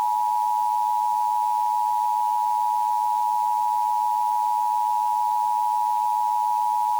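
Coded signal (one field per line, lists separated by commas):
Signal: Emergency Alert System (SAME) tones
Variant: 853 and 960 Hz attention tone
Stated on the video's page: Mock EAS alert, partly based on a real EAS product, with rough mixing; may contain valid EAS tones.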